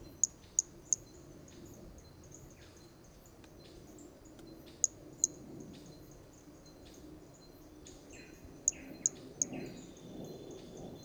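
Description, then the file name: Hermogenes' toadlet call: brief, piercing high clicks in groups of two or three, repeated every few seconds, above a constant insect drone and soft lower chirping. Recorded at Trilha do Ipiranga in 2021; individual 2; the first three notes of the call are missing from the recording. "MHNCI Brachy hermogenesi Trilha do Ipiranga ind 2 three starting notes lost"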